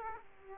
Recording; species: mosquito wingbeat signal from an infrared sensor; Aedes aegypti